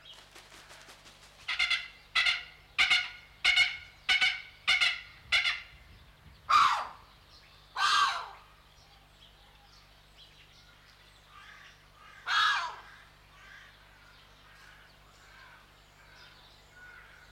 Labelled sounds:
Bateleur call
Pallas's Fish Eagle
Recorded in captivity
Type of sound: call, call sequence
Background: Haliaeetus leucoryphus
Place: Zoo Berlin, Berlin, DE
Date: 1995-03-04 13:51
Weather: heiter bis wolkig, 1 - 5 °C
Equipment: Marantz CP 130, Sennheiser ME 80, Kopie Uher Variocord 263
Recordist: Tembrock, Günter
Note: 2 Tiere: Rufe (3)

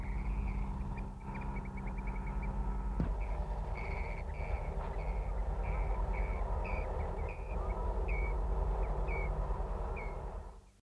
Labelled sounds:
Eurasian Dotterel call
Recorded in captivity
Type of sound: call
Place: Wildgatter am Steinberg, Niedersachsen, DE
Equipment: Halbspur, 9,5 cm/s
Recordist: Lütgens, Hans
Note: Beim Aufflug

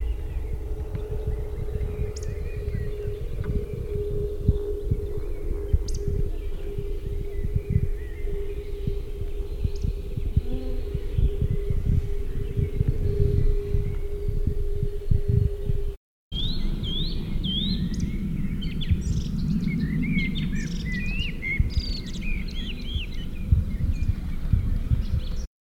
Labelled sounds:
Eurasian Woodcock call
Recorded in the wild
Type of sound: call
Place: Blumenholz, Mecklenburg-Vorpommern, DE
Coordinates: 53.426, 13.171
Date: 1982-05-24
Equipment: Nagra III BH, Sennheiser MD 21
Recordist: Schubert, Michael
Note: Revierflug- Szenen Waldschnepfe, handgehaltenes Mikrofon

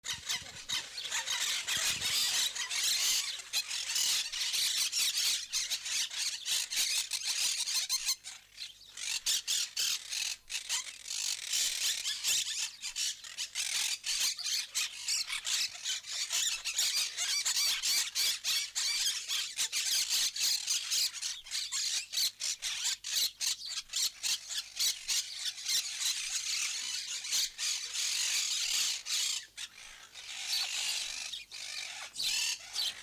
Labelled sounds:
Monk Parakeet call
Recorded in captivity
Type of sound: call
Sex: group
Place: Zoo Halle, Sachsen-Anhalt, DE
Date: 2003-10-19 15:00
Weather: heiter, ca. 3-4°C
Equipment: Fair Mate ST-1328 (Asahi Electronics, Japan), Sennheiser ME 80, Kopie Uher 4000 Report Monitor
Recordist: Tembrock, Günter
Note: Laute in Gruppe

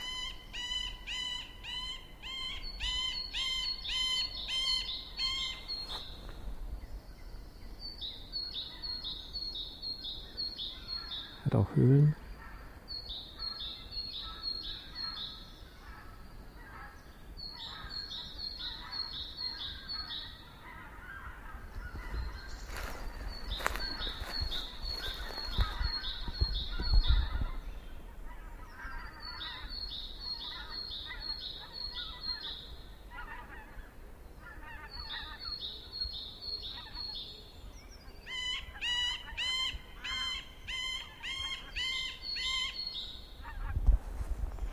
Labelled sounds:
Middle Spotted Woodpecker
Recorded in the wild
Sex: male
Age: adult
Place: Liepnitzsee, Naturpark Barnim, Brandenburg, DE
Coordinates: 52.7417, 13.5119
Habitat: decidouos forest
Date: 2011-03-20 10:30
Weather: fair, 5°C, no wind
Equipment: Sound Devices 702, Sennheiser MKH 70, Rycote Windschutz
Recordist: Frommolt, Karl-Heinz

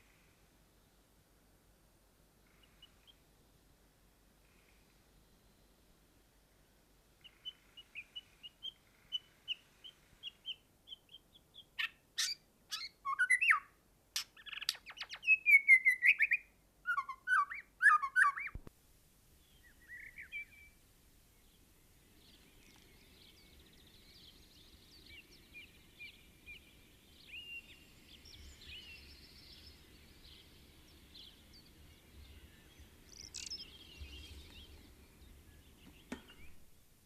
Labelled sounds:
European Serin song
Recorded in the wild
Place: Kaiserslautern, Rheinland-Pfalz, DE
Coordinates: 49.4289, 7.76611
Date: 1973-06-12
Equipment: Nagra IV, Sennheiser MKH 405, Parabolreflektor
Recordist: Tretzel, Erwin
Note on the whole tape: Im Dunkeltälchen, Kaiserslautern: Gesang

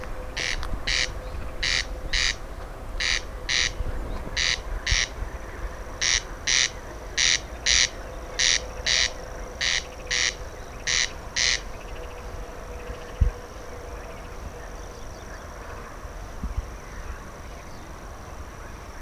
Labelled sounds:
Corn Crake
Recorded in the wild
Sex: male
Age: adult
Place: Schwedt/Oder, Nationalpark Unteres Odertal, Brandenburg, DE
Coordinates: 53.0413, 14.0413
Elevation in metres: 1
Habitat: grassland
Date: 2017-06-19 21:41
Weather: clear, 18°C, weak wind from East
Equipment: Olympus LS-3, Olympus ME31
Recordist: Frommolt, Karl-Heinz
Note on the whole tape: Polder B des Nationalparks Unteres Odertal: Rufreihe eines Wachtelkönigs

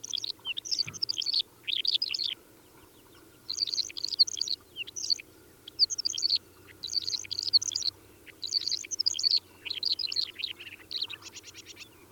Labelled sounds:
Mongolian Lark song
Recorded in the wild
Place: Chudjirt, MN
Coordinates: 47.013, 102.255
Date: 1979-06-06 20:35
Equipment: Nagra III BH, Sennheiser MD 21, parabola
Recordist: Schubert, Michael
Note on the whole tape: Bodengesang Mongolenlerche

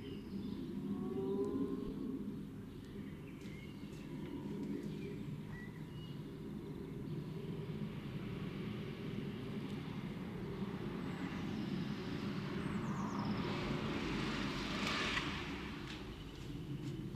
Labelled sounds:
Great Tit song
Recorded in the wild
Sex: male
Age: adult
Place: Kaiserslautern, Rheinland-Pfalz, DE
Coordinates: 49.4247, 7.77889
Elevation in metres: 279
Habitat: garden
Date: 1977-04-16
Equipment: Nagra IV, Sennheiser MKH 405, Parabolreflektor
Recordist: Tretzel, Erwin

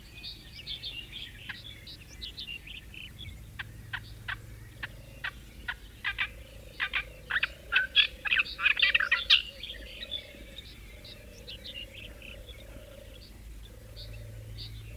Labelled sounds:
Olive-tree Warbler
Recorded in the wild
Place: Ljubimez, Khaskovo, BG
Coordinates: 41.847, 26.086
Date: 1974-05-30 19:45
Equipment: Nagra III BH, Sennheiser MD 21, parabola
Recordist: Schubert, Michael

